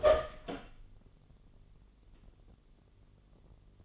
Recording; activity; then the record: daily activity, microphone in the room; open door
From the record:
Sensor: 4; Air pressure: 1016.0 hPa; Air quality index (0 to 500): 209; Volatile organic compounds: 13 ppm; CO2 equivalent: 2382 ppm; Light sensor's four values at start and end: 9/20/8/7 and 9/20/8/7